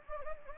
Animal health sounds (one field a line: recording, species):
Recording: mosquito wingbeat signal from an infrared sensor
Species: Anopheles gambiae